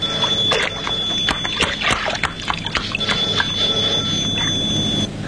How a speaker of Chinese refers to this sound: 哎呀，哎呀，怎么没人听电话？